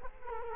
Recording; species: mosquito wingbeat signal from an infrared sensor; Culex quinquefasciatus